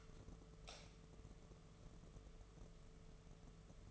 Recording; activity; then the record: daily activity, microphone in the room; light on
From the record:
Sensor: 4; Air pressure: 1015.5 hPa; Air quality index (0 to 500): 176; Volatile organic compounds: 7 ppm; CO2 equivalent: 2037 ppm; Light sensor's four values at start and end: 17/40/16/16 and 19/45/19/19